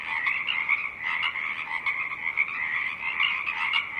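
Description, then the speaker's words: Pacific chorus frogs in a dense chorus, overlapping creaky trilled calls that keep surging and easing without a break. Pacific chorus frogs at Tectexan Marsh, Wasanuk Territory, Saturna Island, British Columbia; song rising and falling above a stiff breeze; 24-hour Earth Day soundscape broadcast. "song of the Pacific chorus frogs rises and falls above a stiff breeze."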